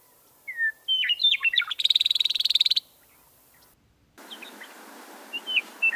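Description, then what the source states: Western Meadowlark duet: a warbled phrase of clear whistled notes, then a rapid dry rattle of even pulses; after a gap, further whistled notes over faint hiss. Male and female usually sing a duet; male song followed by the female's rattle.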